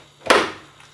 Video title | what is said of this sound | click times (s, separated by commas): Install & Review of Audexen Hood Latches | locks in place, push down, bring it up, | 0.3 s